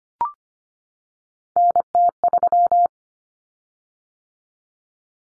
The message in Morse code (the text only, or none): NT3